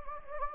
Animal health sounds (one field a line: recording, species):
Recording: mosquito wingbeat signal from an infrared sensor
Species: Anopheles gambiae